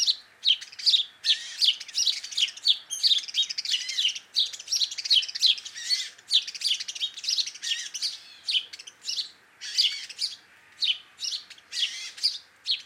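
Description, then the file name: House sparrow chatter: dense chirps and cheeps in a busy stream, thinning into separate notes toward the end. "Passer domesticus"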